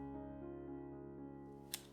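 A cover or lid with a silicone seal is handled against its metal frame while music plays steadily underneath, and a brief sharp tick rises above the music at about 1.7 s. The cover has not yet seated; nothing has clicked shut yet.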